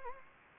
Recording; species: mosquito wingbeat signal from an infrared sensor; Anopheles gambiae